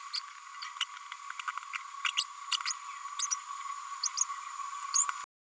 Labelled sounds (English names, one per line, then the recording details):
Green-rumped Parrotlet babbling
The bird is a female
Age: 32 days
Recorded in a nest box in Venezuela
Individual 17B102A5